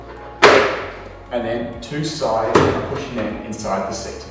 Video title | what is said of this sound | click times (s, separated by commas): HILO² High Chair - How to assemble | simply click it into the front and | 0.4 s